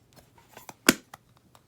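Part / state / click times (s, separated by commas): metal lid onto small tea tin container / seated / 0.9 s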